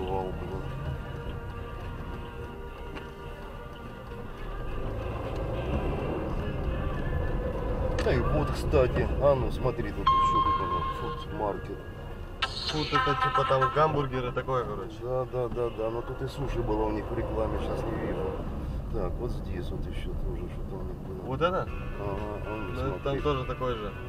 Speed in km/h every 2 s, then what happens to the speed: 10, 4, 5, 17, 22, 16, 7, 6, 7, 21, 17, 10.
0-2 slows to 4. 4-8 speeds up to 22. 8-13 slows to 6. 16-18 speeds up to 21. 18-24 slows to 10.